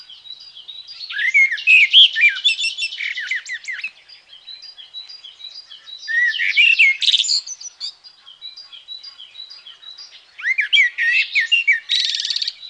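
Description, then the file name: Common blackbird song: three mellow, warbling fluty phrases spaced a few seconds apart, each ending in squeaky high twitters, with faint high notes between phrases. "Merel"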